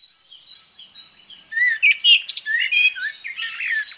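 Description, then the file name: Common blackbird song: faint high notes, then a loud burst of warbled, slurred phrases mixed with squeaky twittering. "Merel"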